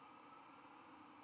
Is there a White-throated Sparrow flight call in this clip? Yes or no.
no